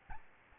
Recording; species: mosquito wingbeat signal from an infrared sensor; Aedes albopictus